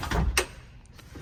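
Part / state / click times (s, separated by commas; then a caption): sliding aft seat latching onto its track on a boat deck / seated / 0.4 s. On the deck of a 2022 Sea Ray 250 SDX Outboard, the sliding aft seat section is pushed back along its track, with some sliding and rubbing noise at the start. It latches into its locked position with a loud clunk at 0.4 s, followed by a couple of faint ticks.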